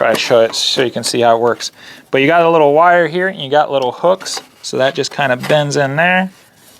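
A thin wire stand with little hooks is bent into the thin aluminum body of a vintage canned-heat stove while someone talks throughout. The hooks are only being handled and nothing has seated or clicked yet.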